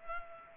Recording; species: mosquito wingbeat signal from an infrared sensor; Culex pipiens